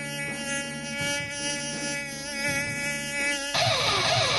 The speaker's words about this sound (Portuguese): que zumbi que é esse? Tem mosquito aqui no estúdio? Cadê o inseticida, hein?